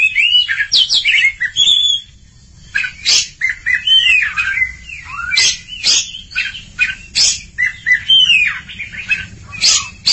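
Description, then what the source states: Oriental magpie-robin song: varied whistled phrases with rising and falling slurs, interspersed with sharp chips and scratchy notes, delivered in bursts with brief gaps. Long-duration recording.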